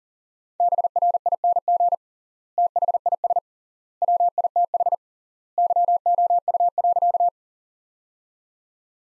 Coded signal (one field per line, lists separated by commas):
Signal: Morse code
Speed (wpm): 40 wpm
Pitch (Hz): 700 Hz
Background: none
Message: BRING THIS WITH YOU.